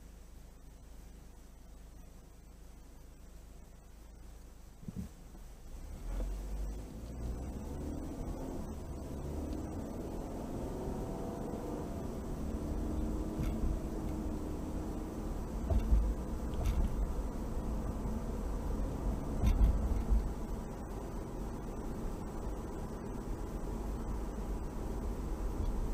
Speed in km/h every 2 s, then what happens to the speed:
0, 0, 0, 10, 27, 37, 44, 50, 55, 58, 58, 58, 60.
0-4 standing. 4-18 pulls away to 58. 18-26 steady at about 58.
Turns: none.